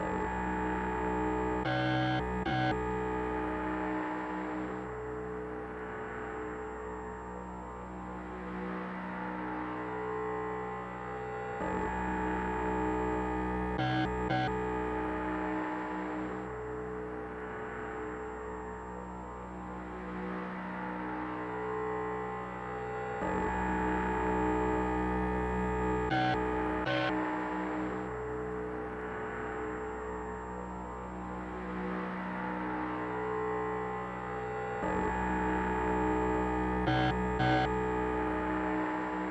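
Radio-frequency hum layered with an electric razor's buzz on sheet metal, steady and dense, with metallic clicks recurring roughly every twelve seconds.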